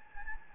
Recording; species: mosquito wingbeat signal from an infrared sensor; Anopheles gambiae